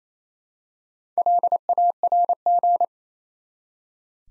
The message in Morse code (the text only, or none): LARG